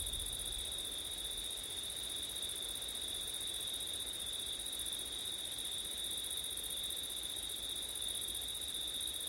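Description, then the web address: Crickets sing in a dense, even chorus of rapid high pulses, continuous throughout, with light wind noise low in the background. Crickets heard on a windy September night. "audio crickets wind september night ortif"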